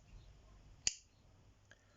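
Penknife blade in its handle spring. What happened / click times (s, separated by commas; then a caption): The folding blade snapped into position under spring tension / 0.9 s. A Penfold modern slipjoint penknife, a Heinnie Haynes exclusive, has its blade worked against the handle spring, and it snaps sharply into place at 0.9 s, followed by a faint second tick at 1.7 s. The blade seats under spring tension and sits completely flush, both open and closed.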